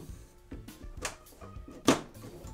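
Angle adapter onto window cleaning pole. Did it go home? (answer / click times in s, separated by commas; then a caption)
no / none. A brand-new Unger cranked joint angle adapter is fitted onto a window cleaning pole and turned to line its pin up with the pole holes, with music playing underneath. Light handling rattles are heard, with short knocks at about 1.1 s and a louder one at 1.9 s. Nothing has seated or clicked yet.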